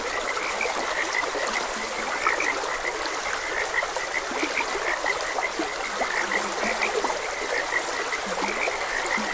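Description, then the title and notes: Frogs give many repeated croaks, with a few lower calls, over steady running water. Frogs croaking beside a gentle stream; continuous nature ambience. "Gentle Stream and Frogs Croaking - 4 Hr Calming Sounds of Nature |Ep56. Sleep and Relaxation Podcast"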